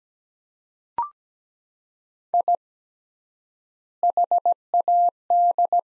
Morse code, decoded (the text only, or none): I HAD